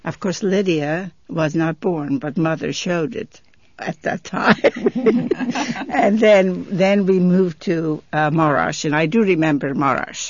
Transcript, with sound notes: Of course, Lydia was not born, but mother showed it at that time. ( they laugh ) And then we moved to Marash, and I do remember Marash.